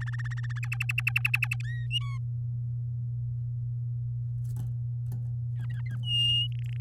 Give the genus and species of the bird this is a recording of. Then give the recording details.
Serinus canaria. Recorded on 8 May 2018 at 05:36. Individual llb16